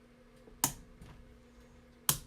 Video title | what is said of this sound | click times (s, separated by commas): Adult Beverages and PC Building | and you hear it snap | 0.6 s, 2.1 s